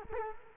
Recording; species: mosquito wingbeat signal from an infrared sensor; Culex quinquefasciatus